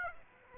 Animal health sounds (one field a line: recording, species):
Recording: mosquito wingbeat signal from an infrared sensor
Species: Aedes aegypti